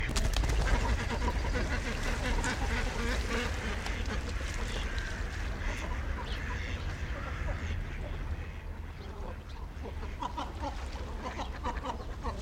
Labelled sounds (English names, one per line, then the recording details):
Great Cormorant call
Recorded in captivity
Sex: female
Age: adult
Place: Zoo Berlin, Berlin, DE
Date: 1994-01-14 10:04
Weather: -1°C, heiter
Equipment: Marantz CP 430, Sennheiser ME 80, Kopie Uher Variocord 263
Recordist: Tembrock, Günter